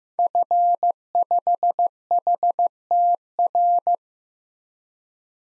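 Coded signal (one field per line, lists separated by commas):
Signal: Morse code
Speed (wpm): 15 wpm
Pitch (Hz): 700 Hz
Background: none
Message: F5HTR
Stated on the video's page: Morse drill of common SOTA activator callsigns at 15 wpm; each is sent, spoken, then sent again.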